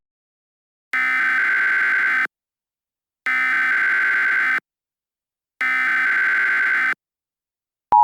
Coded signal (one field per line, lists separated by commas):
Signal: Emergency Alert System (SAME) tones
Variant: header bursts